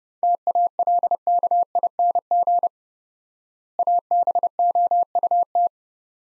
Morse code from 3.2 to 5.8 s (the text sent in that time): ABOUT